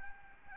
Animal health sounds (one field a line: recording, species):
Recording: mosquito wingbeat signal from an infrared sensor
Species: Aedes albopictus